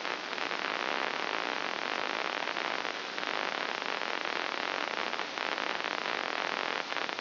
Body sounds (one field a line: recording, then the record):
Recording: brain microelectrode recording played as sound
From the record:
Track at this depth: inside the subthalamic nucleus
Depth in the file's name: 3.167 mm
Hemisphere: left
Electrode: 2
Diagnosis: Parkinson's disease